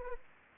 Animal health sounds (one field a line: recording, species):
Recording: mosquito wingbeat signal from an infrared sensor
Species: Anopheles arabiensis